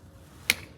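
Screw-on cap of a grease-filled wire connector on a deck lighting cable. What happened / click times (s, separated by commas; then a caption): The screw-on connector cap clicked home / 0.5 s. A screw-on cap is tightened onto a grease-filled low-voltage wire connector on a deck lighting cable. Against a faint low background, a single sharp, bright click at 0.5 s marks the cap seating home.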